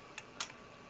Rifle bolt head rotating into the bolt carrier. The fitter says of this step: two clicks now the next the last click is the hardest click to get because it's under spring tension